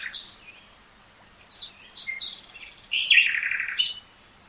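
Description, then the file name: Common nightingale singing short varied phrases: high whistled notes, a quick buzzy burst, then a longer rasping, churring phrase, separated by brief silences. "Luscinia megarhynchos"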